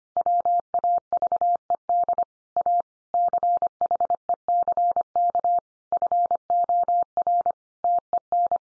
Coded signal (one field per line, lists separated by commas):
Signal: Morse code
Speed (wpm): 25 wpm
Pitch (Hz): 700 Hz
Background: none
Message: WAVED A CHECK FOR TEN